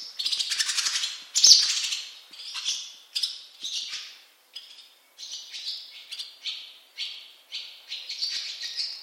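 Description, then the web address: Barn swallow calls: a loud burst of chattering, then a steady series of short, sharp chirps with brief pauses between them. "cianscape birddata Deverinetal 2025 Bird Only Hi Ru"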